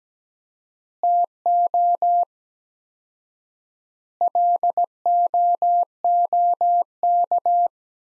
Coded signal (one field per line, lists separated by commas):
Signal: Morse code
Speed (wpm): 17 wpm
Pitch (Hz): 700 Hz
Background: none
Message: TO LOOK